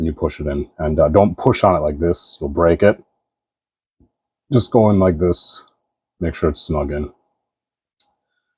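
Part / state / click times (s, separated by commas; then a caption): wing peg into action figure back socket / seated / 8.0 s. Someone talks while pushing a plastic wing peg straight into the socket on the back of a McFarlane Elite Edition #2 Lilith (Diablo 4) action figure. After a quiet pause, one short, sharp click sounds at 8.0 s as the wing seats snugly in the socket.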